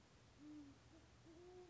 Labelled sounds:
Great Horned Owl (Bubo virginianus)
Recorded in Sonoma County, California

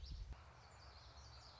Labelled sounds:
Common Yellowthroat (Geothlypis trichas)
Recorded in Sonoma County, California

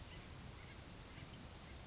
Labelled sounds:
Oak Titmouse (Baeolophus inornatus)
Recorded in Sonoma County, California

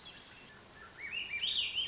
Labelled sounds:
Swainson's Thrush (Catharus ustulatus)
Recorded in Sonoma County, California

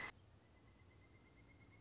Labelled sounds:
Pileated Woodpecker (Dryocopus pileatus)
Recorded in Sonoma County, California

